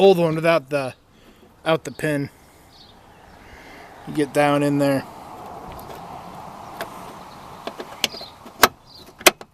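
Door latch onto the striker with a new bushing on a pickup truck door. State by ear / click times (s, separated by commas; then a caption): seated / 8.6 s, 9.3 s. On a 1989 Ford F-150 pickup truck, the door is pushed shut after a new striker bushing is fitted, and someone talks before a quiet stretch with a few light taps. The latch engages the striker in two sharp clicks, the first catch at 8.6 s and the second at 9.3 s, so the door is fully shut and seated. The bushing takes up the space so the door won't rattle and the weatherstripping seals tighter.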